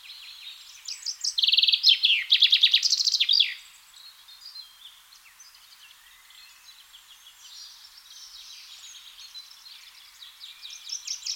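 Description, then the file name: Common chaffinch song: a bright, rapid series of repeated notes ending in a short flourish, followed by faint twittering from other birds. "Fringilla coelebs"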